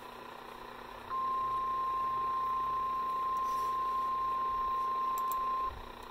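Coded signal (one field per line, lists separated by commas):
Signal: Emergency Alert System (SAME) tones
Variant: 1050 Hz attention tone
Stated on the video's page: National Weather Service Special Marine Warning relayed over an internet-based EAS relay network from Fairfax, Virginia.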